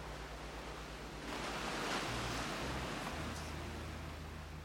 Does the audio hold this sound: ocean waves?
yes